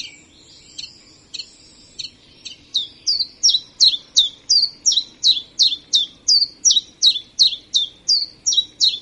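Common chiffchaff song: after a few scattered high notes, a steady run of sharp, high notes about three per second, bright and clear.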